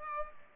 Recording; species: mosquito wingbeat signal from an infrared sensor; Culex pipiens